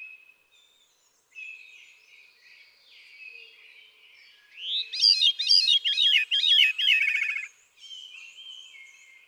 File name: Veery